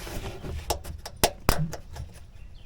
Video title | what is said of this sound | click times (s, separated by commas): FORD TRANSIT WHEEL WELL LINERS FRONT AND REAR INSTALLED | and they will lock into place. | 1.2 s, 1.5 s